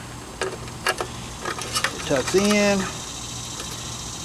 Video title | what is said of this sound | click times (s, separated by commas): Jeep Wrangler YJ - Factory sound bar refurb and mod | a little jump pop, and it snaps right in. See? | 1.8 s